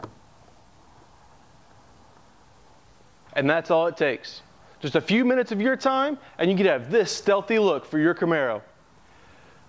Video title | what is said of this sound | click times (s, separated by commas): ISC Bowtie Delete 2010-2013 Camaro - Phastek | firmly into the factory mounting locations until you hear an audible click that is clicked into place and that's | 0.0 s